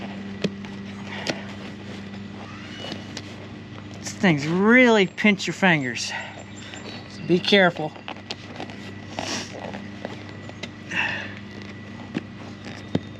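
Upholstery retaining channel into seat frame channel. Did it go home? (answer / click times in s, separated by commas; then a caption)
no / none. A seat cover retaining channel strip is handled at the plastic channel on the rear seat frame of a 2005–2014 Ford Mustang with Kona Blue / Brick Red interior while someone talks. Sharp handling ticks and taps sound over a low steady hum. Nothing has seated or snapped home yet.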